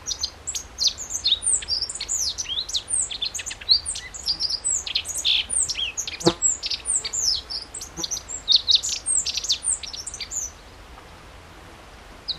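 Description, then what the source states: Godlewski's bunting keeps up rapid, high-pitched, thin chirps and downslurs for about ten seconds, then falls quiet. Recorded on 14 June 2012.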